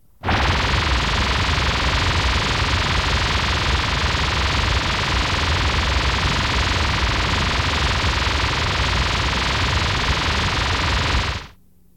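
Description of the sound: About eleven seconds of steady, loud, unbroken broadband hiss that starts and stops abruptly and stays even throughout. It is a synthesized simulation of noise-type tinnitus, the continuous sound some sufferers hear in their head.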